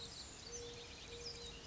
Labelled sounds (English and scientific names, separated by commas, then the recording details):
Mourning Dove (Zenaida macroura)
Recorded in Sonoma County, California